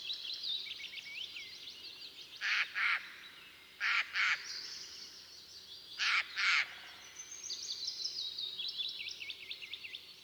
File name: Garrulus glandarius